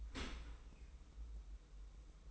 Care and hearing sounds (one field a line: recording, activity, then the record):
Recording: daily activity, microphone in the room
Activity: open dishwasher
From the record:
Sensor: 1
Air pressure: 990.5 hPa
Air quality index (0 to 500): 178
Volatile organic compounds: 1000 ppm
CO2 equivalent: 6578 ppm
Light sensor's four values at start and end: 26/60/25/28 and 26/60/25/28